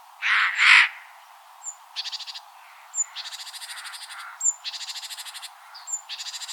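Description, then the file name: Eurasian jay with a loud, harsh double screech at the start, followed by rapid rattling trains and thin high whistled notes. "Garrulus glandarius"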